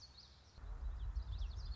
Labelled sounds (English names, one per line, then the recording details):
Common Yellowthroat
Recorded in Sonoma County, California